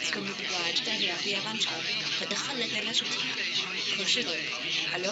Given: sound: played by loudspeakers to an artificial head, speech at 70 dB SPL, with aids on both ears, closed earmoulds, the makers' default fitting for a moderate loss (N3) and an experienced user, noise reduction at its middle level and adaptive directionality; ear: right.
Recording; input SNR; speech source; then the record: speech test signal (ISTS) in cocktail-party noise; 0 dB; in front (0 degrees)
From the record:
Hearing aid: class 1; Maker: A